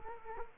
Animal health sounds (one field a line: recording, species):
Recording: mosquito wingbeat signal from an infrared sensor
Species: Culex quinquefasciatus